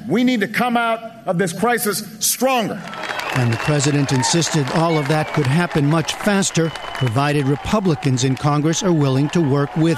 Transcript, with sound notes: We need to come out of this crisis stronger.
(CHEERING AND APPLAUSE) And the president insisted all of that could happen much faster, provided Republicans in Congress are willing to work with him.